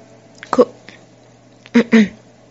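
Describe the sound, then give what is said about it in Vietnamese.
Two short, deliberate throat clears, a brief rasp followed after a pause by a louder two-part "ahem", with quiet background between them. “Tôi cố ý hắng giọng.”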